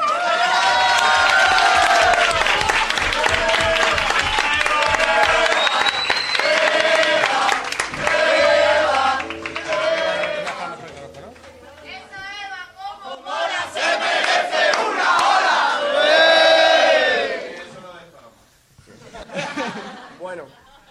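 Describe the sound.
An audience at an awards event erupts in loud cheering and shouting with scattered applause for a colleague, voices rising and falling in excited waves for about twenty seconds before fading out.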